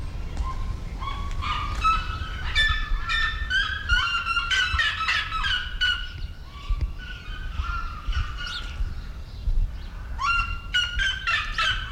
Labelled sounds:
Red-legged Seriema call
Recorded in captivity
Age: adult
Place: Zoo Berlin, Berlin, DE
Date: 1993-01-30 10:30
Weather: -6°C, sonnig
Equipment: Marantz CP 430, Sennheiser ME 80, Kopie Uher Variocord 263
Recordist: Tembrock, Günter

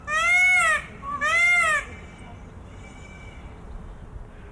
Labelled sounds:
Indian Peafowl call
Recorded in captivity
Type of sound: call
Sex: male
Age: adult
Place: Zoo Dresden, Sachsen, DE
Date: 1995-05-17 14:54
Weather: bedeckt, 12°C
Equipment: Marantz CP 430, Sennheiser ME 80, Kopie Uher 4000 Report Monitor
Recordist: Tembrock, Günter
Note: Männchen: Rufe

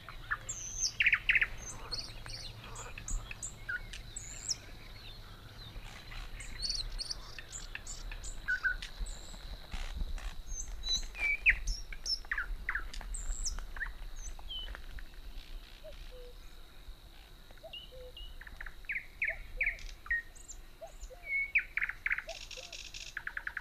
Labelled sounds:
Thrush Nightingale
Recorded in the wild
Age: adult
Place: Gartz (Oder), Nationalpark Unteres Odertal, Brandenburg, DE
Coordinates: 53.1322, 14.377
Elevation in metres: 1
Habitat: meadow
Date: 2014-05-07 21:02
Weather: cloudy, 18°C, almost windless
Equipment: Sound Devices 702, Sennheiser MKH 70, Rycote Windschutz
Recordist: Frommolt, Karl-Heinz

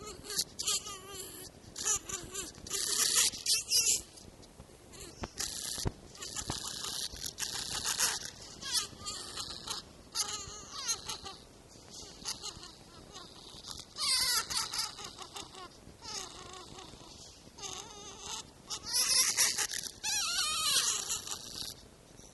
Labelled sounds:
Red Fox
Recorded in captivity
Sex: female
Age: adult
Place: Zoologisches Institut der HUB, Berlin, DE
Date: 1955-05-10 17:30
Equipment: Elmetra
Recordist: Tembrock, Günter
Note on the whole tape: Fiffi (auf 5 sitzend, 10 cm vor Mikrofon, vom Beobachter an Schwanzwurzel gekrault): Knurren - Knätschen, Mischlaute

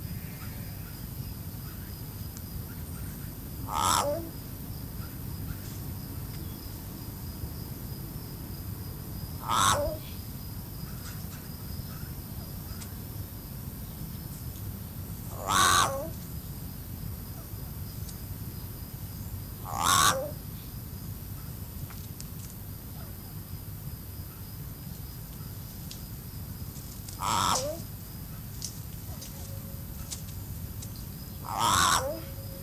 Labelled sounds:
Yellow-faced Myna call
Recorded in captivity
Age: adult
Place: Zoo Halle, Sachsen-Anhalt, DE
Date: 2005-10-10 16:15
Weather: cloudy, 10-12°C
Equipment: Panasonic RQ-2102, Sennheiser ME 80, Kopie Uher 4000 Report Monitor
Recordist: Tembrock, Günter

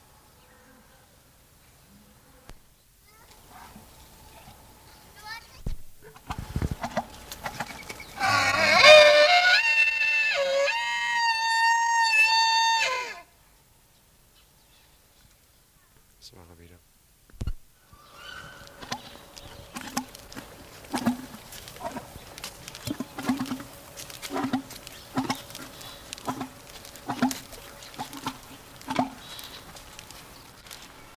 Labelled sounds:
Wapiti call
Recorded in captivity
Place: Tierpark Berlin, Berlin, DE
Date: 1983-10-01 10:07
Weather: sunny, 3-10 °C, light winds
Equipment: Nagra SN, Kopie Uher 4000 Report Monitor
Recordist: Tembrock, Günter
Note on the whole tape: Altai-Maral

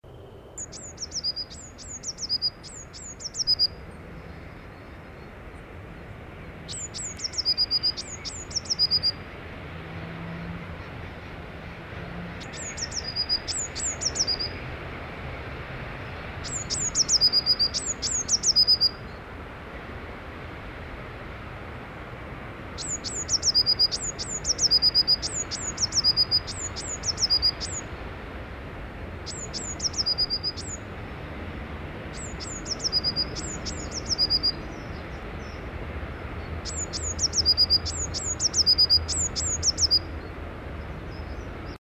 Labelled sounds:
Eurasian Blue Tit song
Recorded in the wild
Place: Düsseldorf, Nordrhein Westfalen, DE
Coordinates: 51.33, 6.77
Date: 1995-04-08
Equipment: Sony WM-D6C
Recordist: Skiba, Reinald
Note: Düsseldorf/Köln

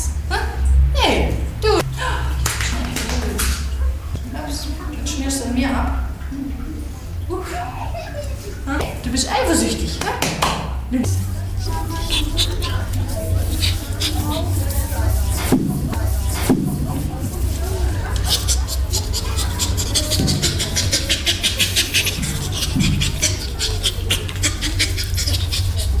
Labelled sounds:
Bonobo
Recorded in captivity
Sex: male
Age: juvenile
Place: Tiergarten Wilhelma/Stuttgart, Baden-Württemberg, DE
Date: 1996-09-21 14:15
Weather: sunny, 16°C
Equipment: Sony MD-WM MZ-R3, Sennheiser ME 80, Kopie Uher 4000 Report Monitor
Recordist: Wendland-Tembrock, Sylvia

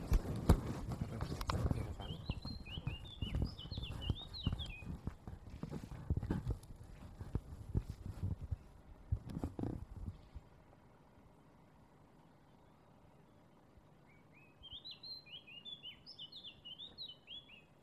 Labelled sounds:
Eurasian Blackcap song
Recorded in the wild
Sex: male
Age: adult
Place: Tiuccia, Corsica, FR
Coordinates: 42.0714, 8.73222
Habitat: macchia
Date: 2011-07-14
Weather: sunny, 20°C, weak wind
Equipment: Zoom H2, rear micophones
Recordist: Frommolt, Karl-Heinz
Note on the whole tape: Oberhalb des Campingplatzes U Sommalu: Gesang einer Mönchsgrasmücke in einem Ölbaumgebüsch. Tier nicht gesehen. Entfernung ca. 10 m

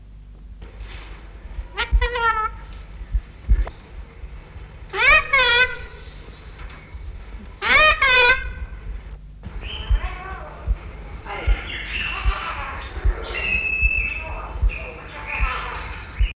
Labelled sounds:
Sulphur-crested Cockatoo call
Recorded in captivity
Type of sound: call
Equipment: Halbspur, 9,5 cm/s
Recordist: Lütgens, Hans

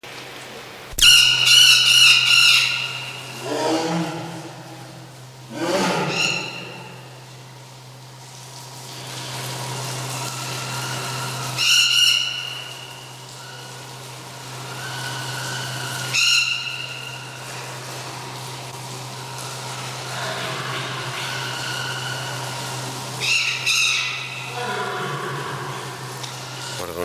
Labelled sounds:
Golden Parakeet call
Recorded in captivity
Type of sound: call sequence
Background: Panthera tigris
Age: adult
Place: Tierpark Berlin, Berlin, DE
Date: 1983-12-24
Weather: sonnig, 1-3°C, windstill
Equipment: Nagra SN, Sennheiser MKH 416 T, Kopie Uher 4000 Report Monitor
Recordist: Tembrock, Günter
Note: Rufreihen. Daneben Sumatratiger

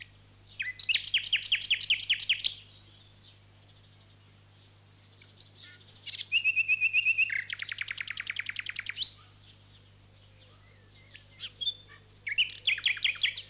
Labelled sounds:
Common Nightingale song
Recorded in the wild
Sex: male
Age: adult
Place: Lübars, Berlin, DE
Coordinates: 52.6167, 13.35
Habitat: residential district
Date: 2006-05-12 19:00
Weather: sunny, 23°C
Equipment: Grundig CR 110, Sennheiser ME 80, Kopie Uher 4000 Report Monitor
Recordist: Tembrock, Günter

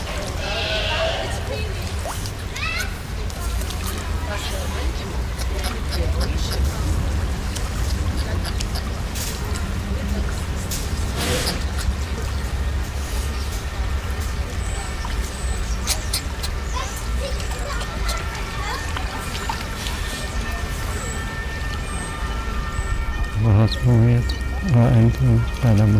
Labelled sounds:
California Sea Lion call
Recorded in captivity
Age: juvenile
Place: Tiergarten Wilhelma/Stuttgart, Baden-Württemberg, DE
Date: 1998-10-02 14:50
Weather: overcast, ca.14°C
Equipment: Sony MD-WM MZ-R3, Sennheiser MKH 416 T, Kopie Uher 4000 Report Monitor
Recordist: Tembrock, Günter

